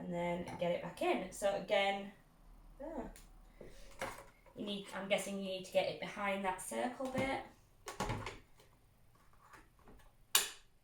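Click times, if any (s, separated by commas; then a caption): 10.4 s. Someone talks while the removable plastic tank is slotted behind the round lip and pushed back onto the body of a Vax Dual Power Pet Advance upright carpet cleaner. A few small knocks come first, then one sharp, loud click at 10.4 s as the tank clicks into place and is seated.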